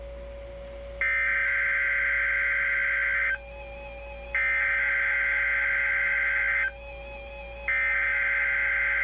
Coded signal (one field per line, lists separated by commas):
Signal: Emergency Alert System (SAME) tones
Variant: header bursts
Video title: EAS Required Weekly Test NOAA Weather Radio KEC65 (Reecom Edition!)